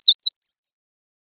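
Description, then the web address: Bird giving a high, wavering whistle of several quick undulations that fades away within a second, with nothing else heard. Bird tweeting. "Sound of a bird tweeting nicely"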